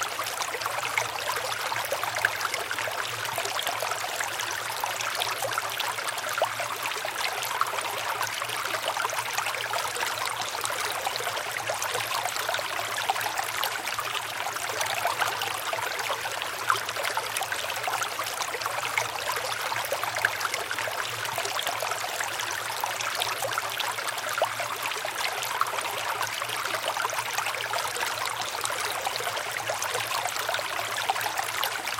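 A river runs steadily, a dense, unbroken rush of water that stays bright and hissy throughout with no clear changes. Fine splashing detail flickers on top, and a faint low hum sits underneath the whole time.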